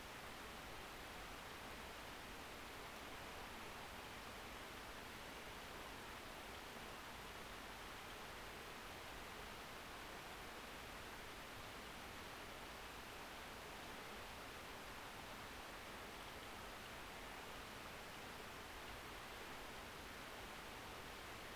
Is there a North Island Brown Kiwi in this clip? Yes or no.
no